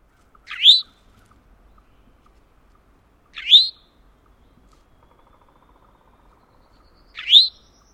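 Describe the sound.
Eastern towhee giving three sharp, upslurred calls spaced a few seconds apart.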